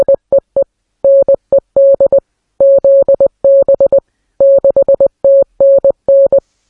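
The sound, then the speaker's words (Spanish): A steady mid-pitched tone keyed on and off in Morse code, part of a radio message received in 1930: short dots and longer dashes grouped into bursts with brief gaps, repeating throughout with no voices. “Y según el genio, esos mensajes, esos pitidos, ese código Morse venía de fuera de la Tierra.”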